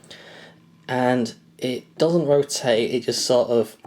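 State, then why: Seated. The magnetic propeller piece of a First4Figures Tornado Exclusive Edition resin collectible aircraft statue, which doesn't rotate, snaps onto the model with a short click at 0.1 s. A magnet holds it in place. Someone talks over the rest of the clip.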